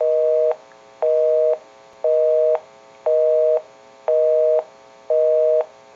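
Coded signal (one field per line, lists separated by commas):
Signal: telephone call progress tone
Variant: North America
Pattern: busy tone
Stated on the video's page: Call progress tone heard on an ITT 500 rotary dial telephone during checkout and repair.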